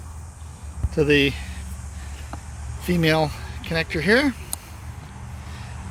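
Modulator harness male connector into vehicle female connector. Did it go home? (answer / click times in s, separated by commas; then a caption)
yes / 4.5 s. On a Spyder RS motorcycle, the male body connector of a headlight modulator harness is plugged into the vehicle's female connector while someone talks over a low, steady background rumble. A sharp, firm click at 4.5 s marks the connector seating, and the harness is connected.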